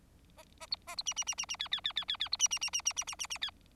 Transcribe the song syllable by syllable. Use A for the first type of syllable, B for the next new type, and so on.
A A B A B C C C C C D D D D D D B C C C C C C C C C D